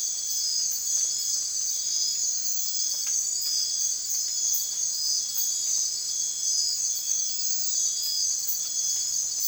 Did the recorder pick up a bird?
no